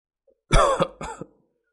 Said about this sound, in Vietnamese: Trên thuyền Diệp Hàm ho ra máu, hắn dùng khăn lụa lau đi, lẳng lặng nhìn bầu trời.